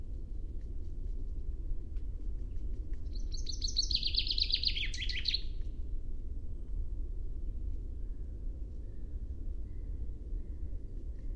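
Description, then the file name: Common chaffinch giving one cascading trilled song phrase, falling in pitch and finishing with a flourish, then only low rumbling noise and a few faint notes. "Fringilla coelebs"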